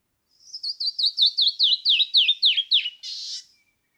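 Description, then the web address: Canyon wren song: sweet whistled notes tumble downward in a cascade, closing with a harsh buzzy rasp. "birdsongforthecurious songs Canyon wren"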